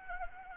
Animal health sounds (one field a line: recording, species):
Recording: mosquito wingbeat signal from an infrared sensor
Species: Anopheles arabiensis